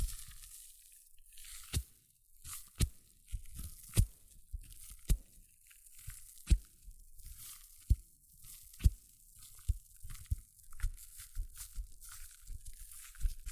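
Hair mousse fizzes and crackles, with sharp wet pops and snaps breaking through roughly once a second at uneven intervals. Between them runs a thin, bright hiss of tiny bubbles, with soft squishy movements and low muffled thumps underneath.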